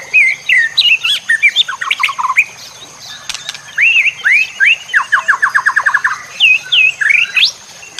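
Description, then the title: White-rumped shama song, a lively medley of fluty whistles and slurred notes, including a fast rattling series of several descending notes midway, ending on rising whistles. Masteran (training) recording. "MASTERAN MURAI BATU LABAIK"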